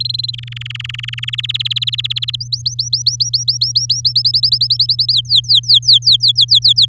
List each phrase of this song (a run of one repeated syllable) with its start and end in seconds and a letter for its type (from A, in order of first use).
0.00-0.31 A, 0.33-1.35 B, 1.38-2.36 C, 2.40-4.13 D, 4.15-5.12 E, 5.13-6.86 F